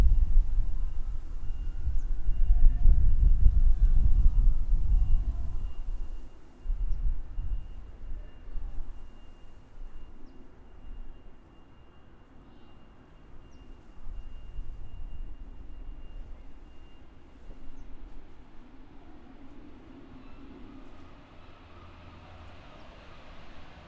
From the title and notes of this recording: Record location Pelham Square,Brighton Recorded with a H6 Zoom xy built in mic.